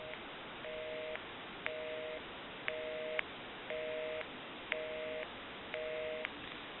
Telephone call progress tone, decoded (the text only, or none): busy tone